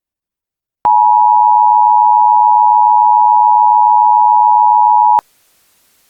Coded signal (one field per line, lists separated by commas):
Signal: Emergency Alert System (SAME) tones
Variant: 853 and 960 Hz attention tone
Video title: EAS Scenario Ghost Trains Part 1